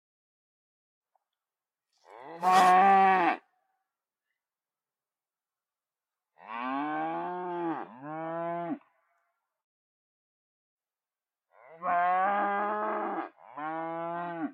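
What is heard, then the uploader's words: A cow moos three times across the stretch, each call separated by several seconds of silence. The first moo near two seconds is the loudest and rises in pitch, while the later two, around six and twelve seconds, are two-part calls with a brief break. Cow mooing.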